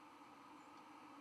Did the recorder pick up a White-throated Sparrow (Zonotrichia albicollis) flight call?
no